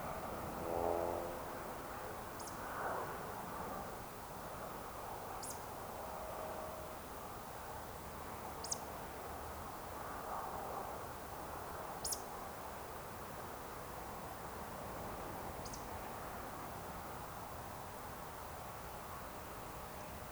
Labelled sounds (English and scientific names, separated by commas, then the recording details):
Eurasian Woodcock (Scolopax rusticola)
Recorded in Baden-Württemberg, Germany, on 29 June 2020 at 20:34 UTC
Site 43791, 788 m above sea level